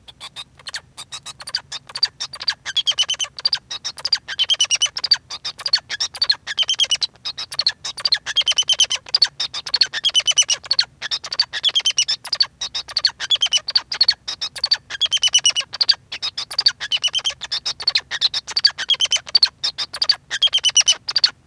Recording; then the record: song of a male Bengalese finch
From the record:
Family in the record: son of father 2